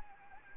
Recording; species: mosquito wingbeat signal from an infrared sensor; Anopheles gambiae